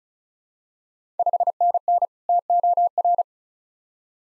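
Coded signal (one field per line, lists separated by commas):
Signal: Morse code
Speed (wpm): 36 wpm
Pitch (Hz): 700 Hz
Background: none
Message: 5NN TOR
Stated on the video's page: Morse practice of Ontario QSO Party contest exchanges at 35 wpm, each sent, spoken, then sent again for head-copy.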